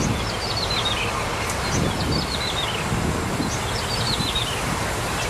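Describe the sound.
Bar-winged prinia song of rapid, high notes sliding downward in short bursts, with rumbling noise underneath.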